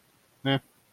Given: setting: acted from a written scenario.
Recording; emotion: vocal sound without words; neutral